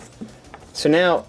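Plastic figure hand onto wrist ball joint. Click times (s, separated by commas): 0.5 s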